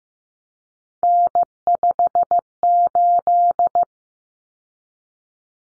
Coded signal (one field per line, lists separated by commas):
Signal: Morse code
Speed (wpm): 15 wpm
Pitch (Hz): 700 Hz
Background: none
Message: N58